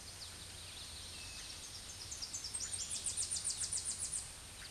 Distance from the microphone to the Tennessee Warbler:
about 30 m